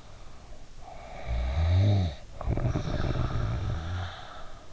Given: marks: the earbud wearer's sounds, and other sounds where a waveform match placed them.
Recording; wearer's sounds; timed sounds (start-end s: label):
sounds in sleep by an in-ear microphone; snoring breath
0.76-4.73 s: snoring breath